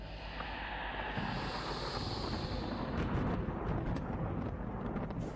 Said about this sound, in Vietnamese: Đột nhiên từ trên trời một tia sét đánh thẳng xuống ngôi nhà, toàn bộ vùng mái nhà nơi con rắn tinh đang đứng bị sập xuống, kèm theo đó là một tiếng nổ lớn khiến tất thảy đinh tai nhức óc.